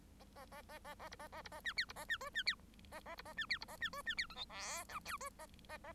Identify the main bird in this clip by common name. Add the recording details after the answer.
Bengalese Finch. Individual Bird1